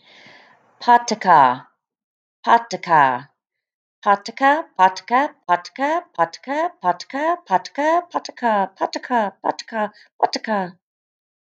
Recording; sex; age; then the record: repeated syllables /pa ta ka/; female; 40 to 49 years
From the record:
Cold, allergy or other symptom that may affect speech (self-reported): no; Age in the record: 46 years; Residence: Oklahoma, United States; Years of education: 19